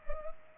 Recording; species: mosquito wingbeat signal from an infrared sensor; Culex pipiens